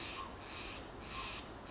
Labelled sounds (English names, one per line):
Steller's Jay